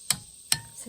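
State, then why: Torque reached. A click-type torque wrench is re-applied to an already tightened engine cover bolt on a Briggs Intek engine to double-check it. It gives two sharp clicks at 0.1 s and 0.5 s without turning the bolt further, confirming the bolt is at torque.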